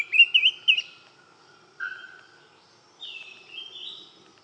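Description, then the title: Greenish schiffornis giving clear whistles: a quavering high phrase, then a lower drawn-out whistle, then a wavering whistle after a pause. "LuckyPassaro Completos2Sama. Greenish Schiffornis (Schiffornis virescens)"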